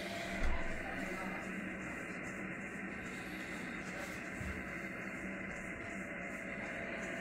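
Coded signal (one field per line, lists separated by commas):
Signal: FT8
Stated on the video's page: FT8 on 50 MHz with a Vanuatu station, run from PC-linked transceiver software; IC-7610, 6 m LFA Yagi, Expert linear amplifier.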